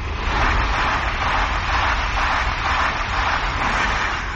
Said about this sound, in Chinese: 晚上九点多，高铁抵达盐城。